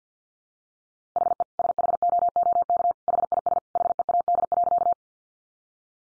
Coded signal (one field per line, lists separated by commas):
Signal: Morse code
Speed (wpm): 50 wpm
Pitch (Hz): 700 Hz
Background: none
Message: HE SHOOK HIS HEAD.